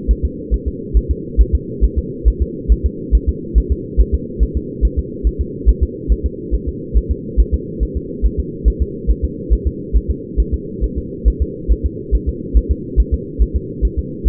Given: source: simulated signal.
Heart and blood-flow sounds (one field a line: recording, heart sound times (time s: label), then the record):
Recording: fetal heart sounds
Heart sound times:
0.11 s: S1
0.25 s: S2
0.54 s: S1
0.68 s: S2
0.97 s: S1
1.11 s: S2
1.41 s: S1
1.55 s: S2
1.84 s: S1
1.98 s: S2
2.28 s: S1
2.42 s: S2
2.72 s: S1
2.86 s: S2
3.15 s: S1
3.29 s: S2
3.58 s: S1
3.72 s: S2
4.00 s: S1
4.15 s: S2
4.43 s: S1
4.57 s: S2
4.85 s: S1
4.99 s: S2
5.27 s: S1
5.41 s: S2
5.69 s: S1
5.83 s: S2
6.12 s: S1
6.26 s: S2
6.54 s: S1
6.69 s: S2
6.97 s: S1
7.11 s: S2
7.40 s: S1
7.54 s: S2
7.83 s: S1
7.97 s: S2
8.25 s: S1
8.40 s: S2
8.68 s: S1
8.82 s: S2
9.10 s: S1
9.24 s: S2
9.53 s: S1
9.67 s: S2
9.97 s: S1
10.10 s: S2
10.40 s: S1
10.54 s: S2
10.84 s: S1
10.98 s: S2
11.28 s: S1
11.42 s: S2
11.72 s: S1
11.86 s: S2
12.15 s: S1
12.29 s: S2
12.57 s: S1
12.71 s: S2
13.00 s: S1
13.14 s: S2
13.42 s: S1
13.56 s: S2
13.85 s: S1
13.99 s: S2
14.28 s: S1
From the record:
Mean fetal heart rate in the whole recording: 140 bpm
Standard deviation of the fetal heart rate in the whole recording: 2 bpm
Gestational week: 34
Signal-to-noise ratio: -4.1 dB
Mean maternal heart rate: no maternal heart sound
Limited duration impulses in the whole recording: absent